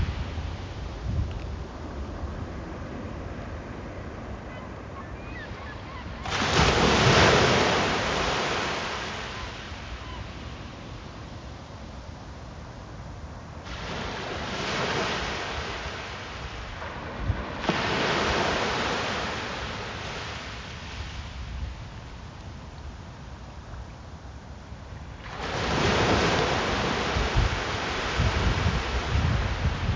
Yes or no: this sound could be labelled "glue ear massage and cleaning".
no